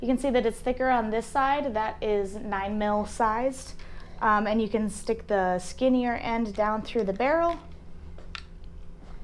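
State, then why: Seated. A plastic barrel-blocking safety insert, 9mm sized and thicker on one side, has its skinnier end pushed down through the barrel of a cleared 9mm pistol while someone talks. After the talking stops, there is a soft sound at 8.2 s, then a sharp click at 8.4 s as the block seats in the barrel, and a faint tap follows at 8.6 s.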